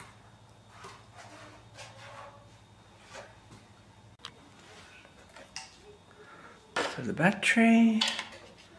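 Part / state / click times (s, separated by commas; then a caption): 18V battery pack into line trimmer battery mount / not seated / none. An 18V battery pack is handled at the battery mount of an AEG 18V brushless cordless line trimmer while someone talks. There are a few faint taps and knocks, then louder rattling and scraping from about 6.8 s to 8.2 s. Nothing has seated or clicked into place yet.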